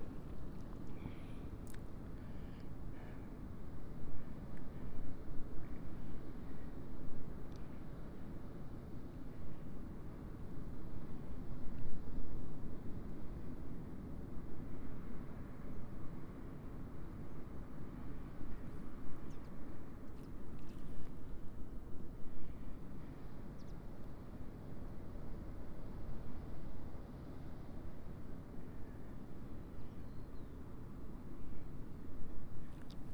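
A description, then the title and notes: A walk along the South West Coast Path between Crackington Haven and Boscastle, filled with a steady, dense low roar that swells gently and falls back without stopping. A few faint, brief ticks and clicks sound high above it now and then. Today's walk is from Crackington Haven to Boscastle along the South West Coast Path.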